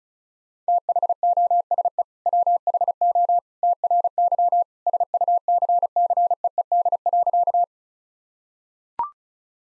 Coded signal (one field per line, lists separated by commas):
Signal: Morse code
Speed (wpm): 36 wpm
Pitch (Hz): 700 Hz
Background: none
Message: THOSE WHO TRY SUCCEED.